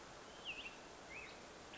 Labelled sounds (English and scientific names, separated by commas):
Black-headed Grosbeak (Pheucticus melanocephalus)